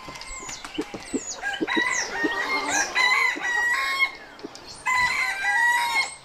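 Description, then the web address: Chicken calls in a dense, busy mix, with long tonal crow-like notes among many other chirps and whistles that overlap throughout. "aso-bit 2018 chicken"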